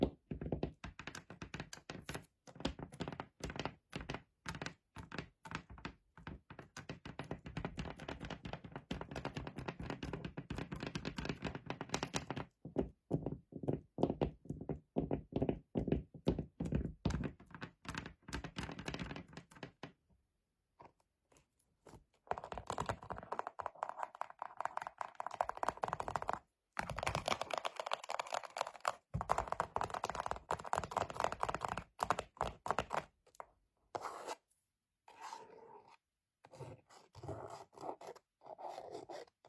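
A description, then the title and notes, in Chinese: Fingernail sounds: fast, dense tapping and scratching runs through most of the clip, a steady patter of small clicks like typing. Around 13 and 20 seconds the tapping thins and pauses, then resumes brighter and lighter, ending in sparser, quieter taps near the end. 指甲触发！指尖滑动、敲击音。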